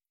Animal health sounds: hydrophone in a shrimp aquaculture tank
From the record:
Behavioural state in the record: feeding

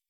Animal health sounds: hydrophone in a shrimp aquaculture tank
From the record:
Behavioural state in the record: feeding

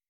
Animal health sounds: hydrophone in a shrimp aquaculture tank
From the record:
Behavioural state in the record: weakened

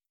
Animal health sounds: hydrophone in a shrimp aquaculture tank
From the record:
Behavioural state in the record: starved

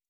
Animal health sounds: hydrophone in a shrimp aquaculture tank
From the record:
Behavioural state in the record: stressed

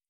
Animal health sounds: hydrophone in a shrimp aquaculture tank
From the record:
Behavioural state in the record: feeding

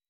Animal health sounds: hydrophone in a shrimp aquaculture tank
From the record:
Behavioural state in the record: weakened

